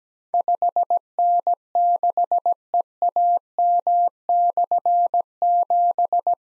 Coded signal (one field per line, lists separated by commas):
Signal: Morse code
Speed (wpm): 17 wpm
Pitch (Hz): 700 Hz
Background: none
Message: 5N6EAM/7